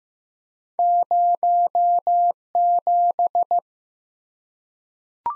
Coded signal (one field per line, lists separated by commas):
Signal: Morse code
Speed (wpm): 15 wpm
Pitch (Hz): 700 Hz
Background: none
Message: 07